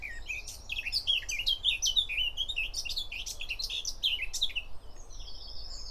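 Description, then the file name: Eurasian blackcap song, a lively, chattering warble of rapid up-and-down notes, ending with a thin drawn-out whistle, low hum underneath. "Sylvia atricapilla"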